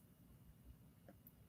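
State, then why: Not seated. The hinged closure on a diamond huggie hoop earring is shut, and although the closure is strong, it makes no click and nothing audibly snaps into place. Only a low, steady background rumble is heard, with a faint, brief high tick at about 1.3 s.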